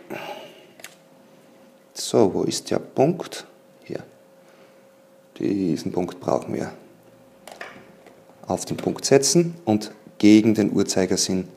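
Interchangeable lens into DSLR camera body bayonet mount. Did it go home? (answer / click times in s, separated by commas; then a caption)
no / none. Someone talks while handling an 18-55 VR interchangeable lens against the bayonet mount of a Nikon D3400 DSLR body, lining up the lens dot with the body's index dot before twisting it home. Brief handling and contact taps are heard around 0.8 s and 7.5–7.6 s over a faint steady hum. Nothing has seated or clicked yet.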